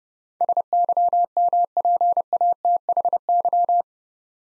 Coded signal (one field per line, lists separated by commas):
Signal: Morse code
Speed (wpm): 30 wpm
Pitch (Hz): 700 Hz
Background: none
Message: SYMPATHY